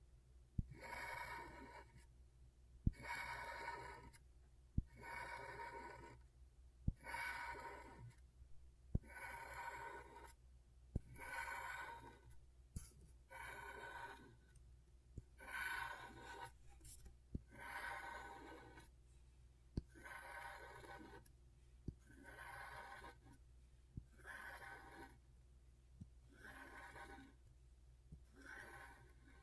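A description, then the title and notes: Scratchboard being worked in repeated raspy strokes, each lasting about a second and coming roughly every two seconds at a steady pace. Sharp little clicks mark the start of many strokes, and a faint low hum runs underneath throughout. ASMR Brain Tingling Scratchboard (No Talking).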